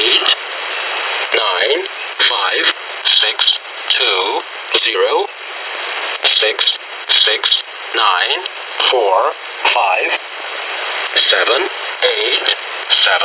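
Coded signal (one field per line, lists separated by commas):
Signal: numbers station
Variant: E07 English Man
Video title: Russian E07 "English Man" number station at 12168 kHz (long message)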